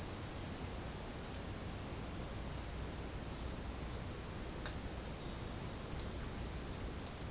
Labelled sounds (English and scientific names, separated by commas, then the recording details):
none
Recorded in secondary vegetation near Puerto Asís, Putumayo, Colombia, on 23 June 2025 at 16:00
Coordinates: 0.484, -76.319
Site G074